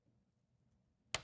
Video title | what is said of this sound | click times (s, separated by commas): Vesta Wall Cabinet Assembly | lock that in just like so. | 1.1 s